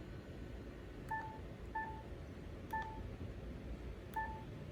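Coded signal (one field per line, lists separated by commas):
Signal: none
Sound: radio's key beeps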